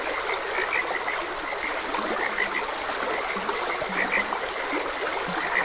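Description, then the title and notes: Frog chorus of rapid short croaks with a few brighter notes standing out, above steady rushing stream noise. Frogs croaking beside a gentle stream. "Gentle Stream and Frogs Croaking. Sleep and Relaxation Podcast"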